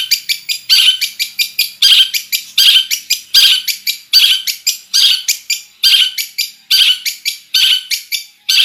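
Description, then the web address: Long-tailed shrike song: steady sequence of harsh, grating notes, sustained throughout. Full song with imitations, described as gacor. "cendet suara-cendet-gacor-full-isian"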